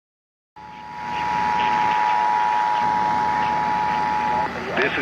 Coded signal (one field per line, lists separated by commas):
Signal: Emergency Alert System (SAME) tones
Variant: 853 and 960 Hz attention tone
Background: speech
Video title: FIRST COLORADO STATEWIDE TEST! Broadcast Radio EAS: Required Monthly Test (EAS #412-413)